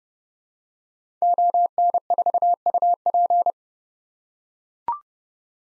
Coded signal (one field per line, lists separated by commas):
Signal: Morse code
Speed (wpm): 32 wpm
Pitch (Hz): 700 Hz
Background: none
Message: ON4UP